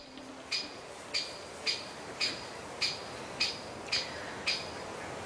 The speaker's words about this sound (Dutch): ik nam dit op en ik wist niet dat spechten dit geluid maakten. Hebben jullie enig idee? Vriendelijke groet. Ja, grote bontspecht.